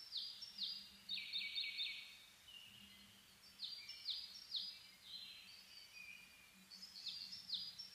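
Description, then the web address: Bird song at dawn: quick downslurred whistles in clusters and softer chatter, over a steady low hum. Dawn chorus birdsong recorded 10 May 2010 at 04:01. "reimei -saezuri-20100510-0401"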